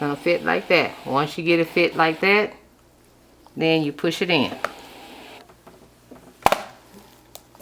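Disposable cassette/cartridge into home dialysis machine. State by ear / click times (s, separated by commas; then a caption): seated / 6.5 s. Someone talks while lining up a plastic disposable cassette or cartridge on a home dialysis machine and pushing it in. A sharp, loud snap at 6.5 s shows the cassette has seated in the machine.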